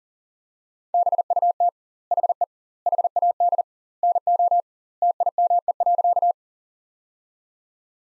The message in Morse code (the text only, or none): BUT HE HAD NO TIME.